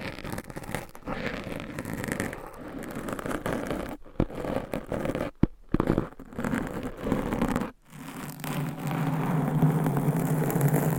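Dense mic scratching rasps on almost without pause, with brief silent breaks near four, five and eight seconds, then settles into a steadier, lower rub.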